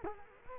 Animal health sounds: mosquito wingbeat signal from an infrared sensor; Culex quinquefasciatus

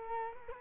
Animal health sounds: mosquito wingbeat signal from an infrared sensor; Culex quinquefasciatus

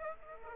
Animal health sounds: mosquito wingbeat signal from an infrared sensor; Aedes aegypti

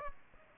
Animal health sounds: mosquito wingbeat signal from an infrared sensor; Aedes aegypti

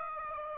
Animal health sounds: mosquito wingbeat signal from an infrared sensor; Aedes aegypti

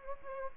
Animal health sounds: mosquito wingbeat signal from an infrared sensor; Culex quinquefasciatus

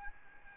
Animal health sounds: mosquito wingbeat signal from an infrared sensor; Aedes albopictus

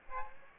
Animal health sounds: mosquito wingbeat signal from an infrared sensor; Aedes aegypti

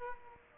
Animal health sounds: mosquito wingbeat signal from an infrared sensor; Aedes aegypti

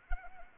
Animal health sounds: mosquito wingbeat signal from an infrared sensor; Anopheles arabiensis

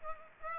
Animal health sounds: mosquito wingbeat signal from an infrared sensor; Aedes aegypti

